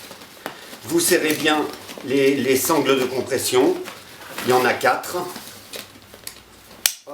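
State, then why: Seated. Someone talks while a plastic side-release buckle on one of the compression straps of a cabin travel backpack is pushed together. It snaps shut with a sharp, loud click at 6.9 s, and the buckle is clipped closed.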